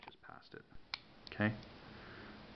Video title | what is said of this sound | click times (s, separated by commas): Norinco 1911 Dis-assembly / Re-assembly *Part 4* | just like that so we're not done yet sounds like we're done it clicked in and stuff like that | 0.9 s